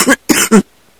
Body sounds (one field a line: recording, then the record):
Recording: coughing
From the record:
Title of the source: 30 Chesty and wet cough